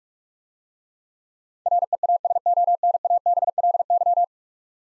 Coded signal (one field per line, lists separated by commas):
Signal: Morse code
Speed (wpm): 46 wpm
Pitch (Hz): 700 Hz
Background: none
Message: REASONABLY